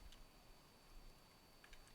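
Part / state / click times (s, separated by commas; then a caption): plastic trigger/slider part into game controller shell / not seated / none. A plastic trigger and slider part is being handled into place on a GameCube controller shell during reassembly, set in the right spot with a slider on each side, ready to clip on over the top. Only faint, light plastic ticks and handling noises are heard over a low steady background. Nothing has seated or clicked yet.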